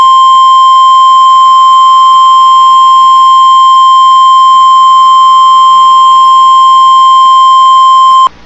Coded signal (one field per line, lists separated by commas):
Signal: Emergency Alert System (SAME) tones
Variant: 853 and 960 Hz attention tone